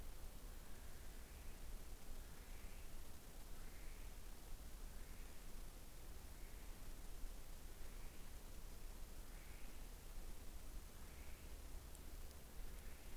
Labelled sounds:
North Island Brown Kiwi female call
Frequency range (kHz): North Island Brown Kiwi 1.1-3.7 kHz
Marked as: faintness 4/5
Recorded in New Zealand on 21 November 2014
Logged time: 01:28
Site CL78

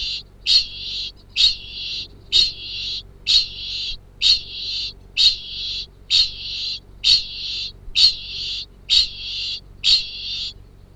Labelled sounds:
Kākāpō ching call
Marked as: faintness 1/5
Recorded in New Zealand
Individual Arab

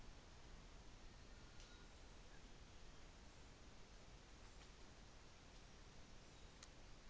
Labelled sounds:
New Zealand Fantail
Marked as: faintness 4/5
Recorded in New Zealand on 24 December 2018
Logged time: 14:50

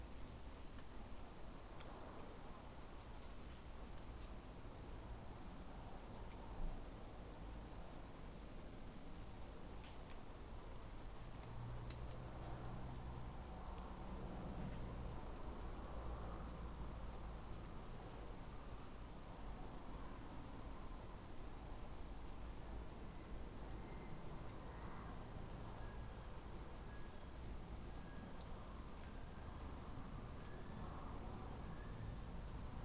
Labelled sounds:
North Island Brown Kiwi male call
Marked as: faintness 4/5
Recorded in New Zealand on 20 November 2013
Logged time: 21:14
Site CG22

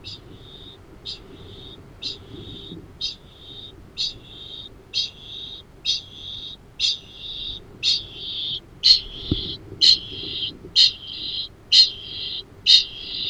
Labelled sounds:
Kākāpō ching call
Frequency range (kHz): Kākāpō 1.8-14.4 kHz
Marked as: faintness 2/5
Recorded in New Zealand
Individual Arab

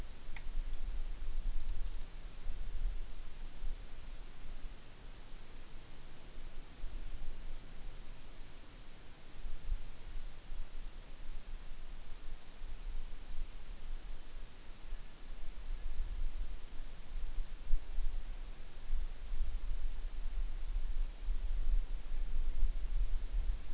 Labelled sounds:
North Island Brown Kiwi male call
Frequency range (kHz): North Island Brown Kiwi 1.3-2.1 kHz
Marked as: faintness 5/5
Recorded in New Zealand on 8 June 2013
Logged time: 02:19

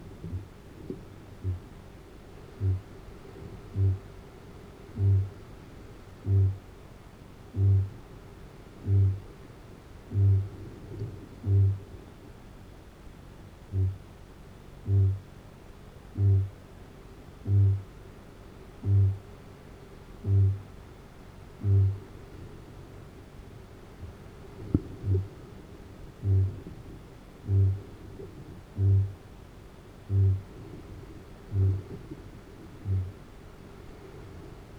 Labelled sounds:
Kākāpō boom
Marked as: faintness 4/5, faintness 3/5, faintness 2/5, faintness 5/5
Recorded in New Zealand
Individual Arab

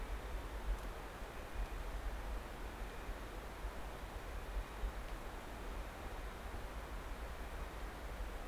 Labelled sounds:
North Island Brown Kiwi male call
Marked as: faintness 5/5
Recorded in New Zealand on 9 December 2013
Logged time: 23:28
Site DE65

